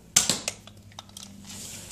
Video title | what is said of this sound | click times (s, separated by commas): Nerf Gun Unboxing | put this in there until you hear the click you have to do it | 0.2 s